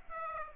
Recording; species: mosquito wingbeat signal from an infrared sensor; Aedes aegypti